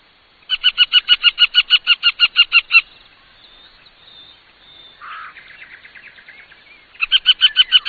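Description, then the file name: Montagu's harrier chattering call: a fast run of sharp, nasal kek notes for about two seconds, a pause with faint softer notes, then the rapid chatter starts again. "busard cendre"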